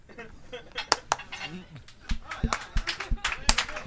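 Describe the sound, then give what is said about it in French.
Scattered hand claps ring out in an uneven patter, a dozen or so sharp smacks of varying loudness, over a low murmur of voices. “Ah oui, applaudis ta misère, applaudis-la.”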